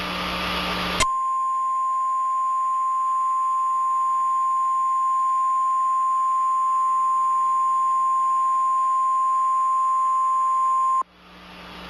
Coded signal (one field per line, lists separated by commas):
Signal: Emergency Alert System (SAME) tones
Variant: 1050 Hz attention tone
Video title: it’s me it’s verity with eas